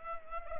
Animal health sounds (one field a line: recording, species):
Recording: mosquito wingbeat signal from an infrared sensor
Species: Culex pipiens